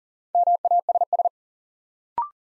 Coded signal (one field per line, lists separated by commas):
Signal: Morse code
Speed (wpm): 38 wpm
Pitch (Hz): 700 Hz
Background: none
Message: MASS